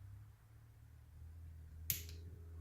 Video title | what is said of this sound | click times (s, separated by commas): CMC 2 stage trigger install - urbanwar88 | it clicks the air 15 trigger is set don't | 1.9 s